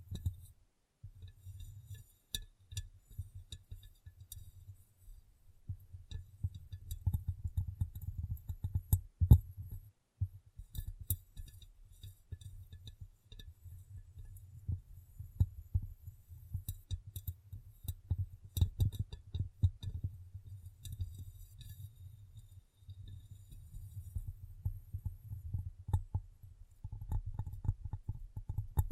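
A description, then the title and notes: Tapping and cleaning on a glass brain: soft, muffled low thuds and rubbing sounds come in irregular bursts throughout, busiest around the middle. Sharp little clinks and ticks ring out now and then, with brief quiet gaps near 10 and 23 seconds. ASMR Glass Brain Tapping & Cleaning (No Talking).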